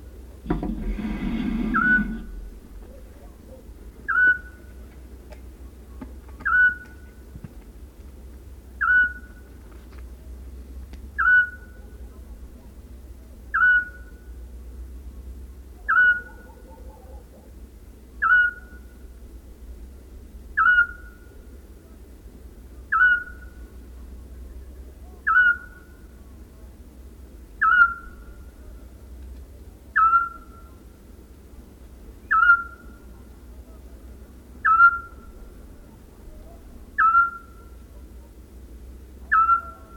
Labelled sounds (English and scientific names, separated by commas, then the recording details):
Eurasian Scops Owl (Otus scops) call
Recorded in the wild
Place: Dumbraveni, Transilvania, RO
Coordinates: 46.23, 24.575
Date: 1973-04-30
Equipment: Nagra III BH, Sennheiser MD 21, parabola
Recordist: Schubert, Michael